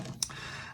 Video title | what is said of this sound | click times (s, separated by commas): Transformers legacy Twin Twist wreak and rule collection | and his waist is one of them. You'll notice there was a click and the front is pulling forward. | 0.2 s